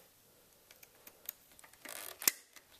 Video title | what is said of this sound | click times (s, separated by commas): My 2004 Harley Dyna Custom Project 2011-2012 #23 | so. And there you have it. You hear a click. | 2.3 s